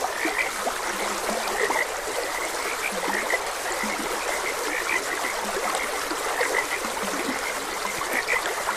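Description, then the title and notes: Frogs croaking, a thick chorus of overlapping chirps and repeated low throaty notes, all over a gentle, continuous rush of stream water. Frogs croaking beside a gentle stream. "Frogs Croaking. Sleep and Relaxation Podcast"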